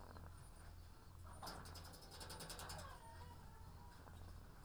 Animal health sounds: poultry house recording; sick chickens (respiratory disease)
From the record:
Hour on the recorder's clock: 18

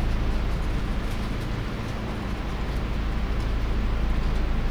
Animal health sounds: poultry house recording; no chicken sound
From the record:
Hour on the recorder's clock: 20

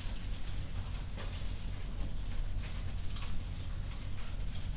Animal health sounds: poultry house recording; no chicken sound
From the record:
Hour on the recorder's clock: 0

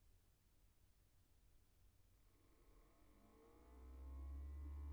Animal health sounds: poultry house recording; no chicken sound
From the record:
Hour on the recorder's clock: 16

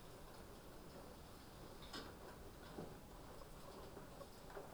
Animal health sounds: poultry house recording; sick chickens (respiratory disease)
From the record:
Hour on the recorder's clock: 3

